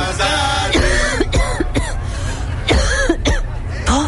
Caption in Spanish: Yo sin poder acercarme por este ataque de tos que tengo. Muxol adulto, indicado para el alivio de la tos con flema.